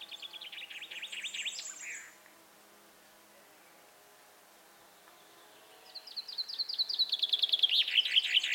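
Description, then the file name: Common chaffinch song: a trill ending in a downward flourish, several seconds of quiet, then a new rapid series of bright notes growing louder. "Fringilla coelebs"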